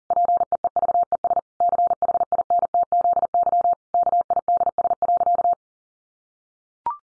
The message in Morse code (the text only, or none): PEEVES CHINTZY KIDS.